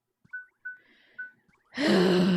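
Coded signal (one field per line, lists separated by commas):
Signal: none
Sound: video game menu beeps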